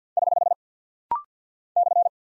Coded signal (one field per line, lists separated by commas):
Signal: Morse code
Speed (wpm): 50 wpm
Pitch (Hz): 700 Hz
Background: none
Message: <HH> /